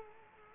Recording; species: mosquito wingbeat signal from an infrared sensor; Culex quinquefasciatus